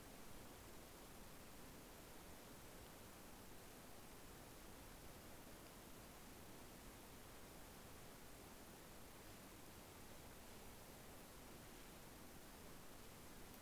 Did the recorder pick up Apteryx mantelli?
no